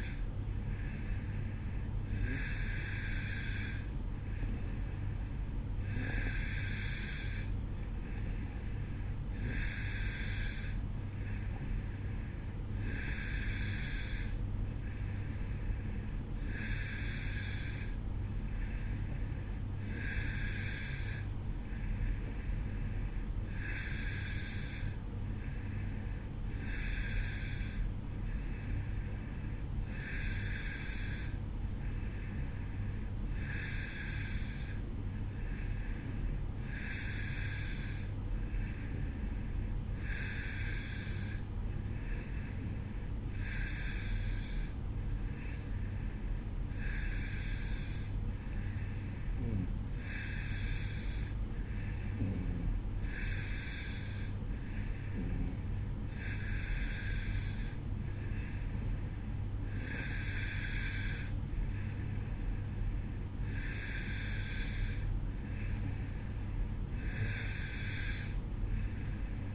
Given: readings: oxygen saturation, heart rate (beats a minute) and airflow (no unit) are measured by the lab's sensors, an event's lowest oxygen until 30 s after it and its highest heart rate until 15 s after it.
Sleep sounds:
breathing in sleep by a smartphone at the bedside; none
none scored
From the record:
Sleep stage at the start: N2 (light sleep); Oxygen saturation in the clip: 91 to 92%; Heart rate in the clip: 55 to 58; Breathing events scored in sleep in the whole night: 305 in 9.6 hours asleep

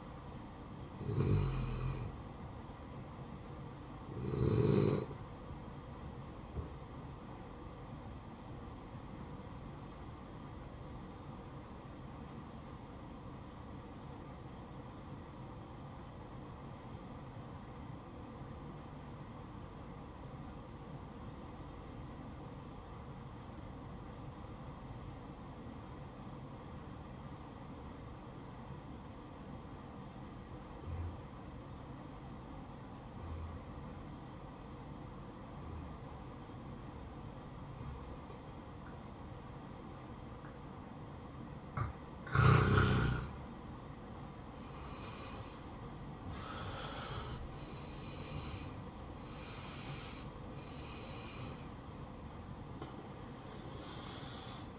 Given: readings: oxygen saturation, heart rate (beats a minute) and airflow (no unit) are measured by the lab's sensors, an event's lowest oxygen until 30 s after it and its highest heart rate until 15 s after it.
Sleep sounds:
breathing in sleep by a smartphone at the bedside; 1
7.00-46.00 s: hypopnea (N1, oxygen 96% highest, then 85% lowest, heart rate 60 at the start, 71 highest)
14.00-44.00 s: new sleep stage, N2 (light sleep)
44.00-54.78 s: new sleep stage, N1 (lightest sleep)
From the record:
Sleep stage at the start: N1 (lightest sleep); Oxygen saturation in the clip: 86 to 96%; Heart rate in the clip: 57 to 71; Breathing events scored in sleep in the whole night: 573 in 9.8 hours asleep

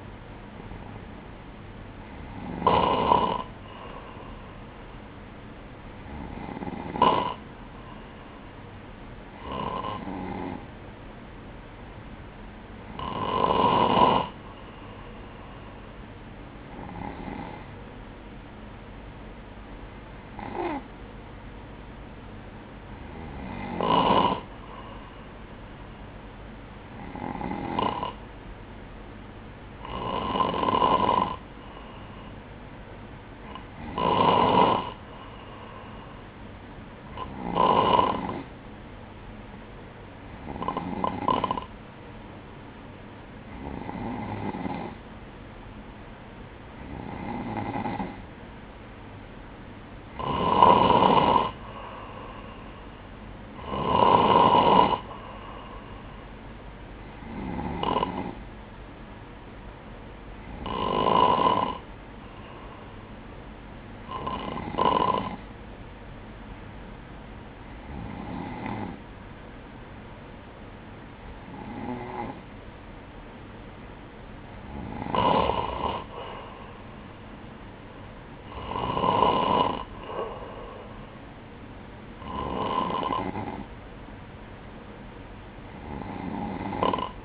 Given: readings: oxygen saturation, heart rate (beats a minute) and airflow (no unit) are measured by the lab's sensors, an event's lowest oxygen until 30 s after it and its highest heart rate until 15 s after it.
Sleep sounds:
breathing in sleep by a voice recorder at the bedside; none
none scored
From the record:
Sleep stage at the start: N3 (deep sleep); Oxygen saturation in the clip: 94 to 96%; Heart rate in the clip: 59 to 63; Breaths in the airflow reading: 24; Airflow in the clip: -5.2 to 5.7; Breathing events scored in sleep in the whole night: 180 in 6.7 hours asleep

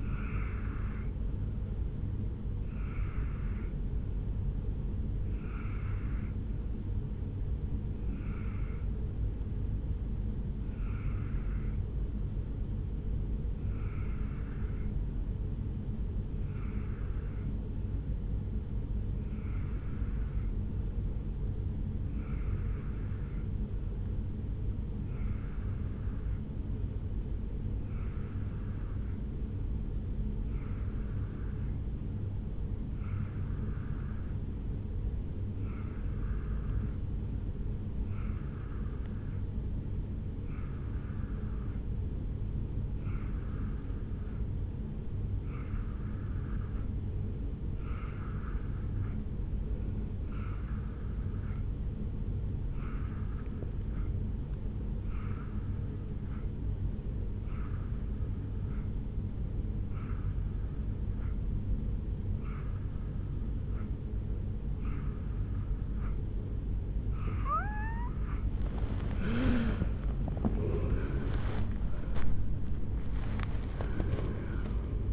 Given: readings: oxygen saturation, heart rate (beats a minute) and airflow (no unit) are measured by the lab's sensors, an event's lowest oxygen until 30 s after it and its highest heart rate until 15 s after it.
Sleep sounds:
breathing in sleep by a smartphone at the bedside; 1
4.00-42.10 s: hypopnea (N1, oxygen 95% highest, then 88% lowest, heart rate 62 at the start, 69 highest)
13.00-75.12 s: new sleep stage, N2 (light sleep)
From the record:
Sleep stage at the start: N1 (lightest sleep); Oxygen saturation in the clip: 87 to 95%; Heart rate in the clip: 58 to 74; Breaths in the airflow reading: 28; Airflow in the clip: -10.1 to 8.3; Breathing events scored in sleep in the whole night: 449 in 7.0 hours asleep

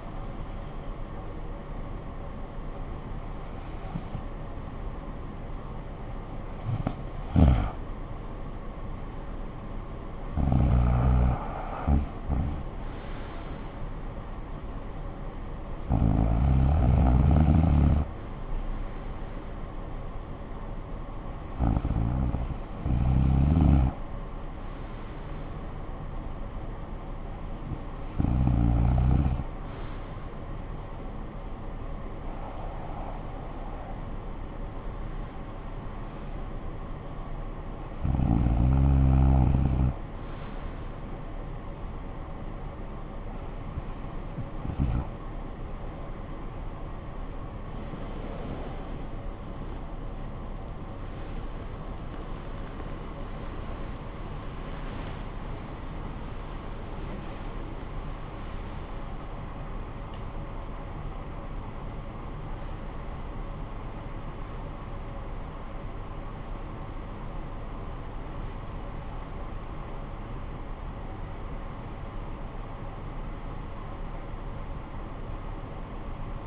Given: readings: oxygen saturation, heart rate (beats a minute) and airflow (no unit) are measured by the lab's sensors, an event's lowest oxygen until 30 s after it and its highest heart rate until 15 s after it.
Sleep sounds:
breathing in sleep by a smartphone at the bedside; 1
41.00-57.70 s: hypopnea (REM, oxygen 97% highest, then 95% lowest, heart rate 55 at the start, 95 highest)
45.00-75.00 s: new sleep stage, awake
48.00-76.47 s: awake
75.00-76.47 s: new sleep stage, N1 (lightest sleep)
From the record:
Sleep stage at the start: REM sleep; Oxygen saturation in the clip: 91 to 97%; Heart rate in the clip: 51 to 95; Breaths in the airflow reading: 16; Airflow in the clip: -14.9 to 18.9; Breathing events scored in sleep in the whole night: 445 in 7.6 hours asleep

